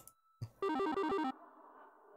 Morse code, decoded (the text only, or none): none